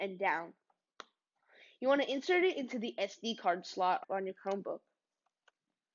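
A microSD card in its full-size SD adapter is handled at the SD card slot of a Chromebook, with the adapter's metal contacts facing the laptop and down, while someone talks. A brief tap is heard near 1.0 s and a faint one at 5.5 s. The card has not yet clicked or seated in the slot.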